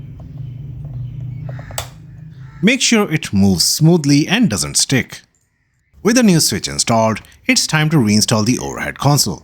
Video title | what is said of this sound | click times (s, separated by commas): How to replace panoramic sunroof switch in Kia Sportage | Press it straight down into the switch until you hear it click into place. | 1.8 s